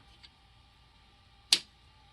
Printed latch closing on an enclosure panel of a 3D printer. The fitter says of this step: so these are great they make a really nice satisfying snap